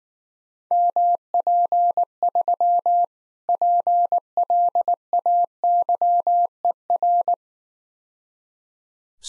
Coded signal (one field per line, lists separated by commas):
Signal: Morse code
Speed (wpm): 19 wpm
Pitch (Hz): 700 Hz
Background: none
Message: MP3 PLAYER